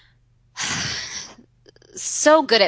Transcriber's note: sigh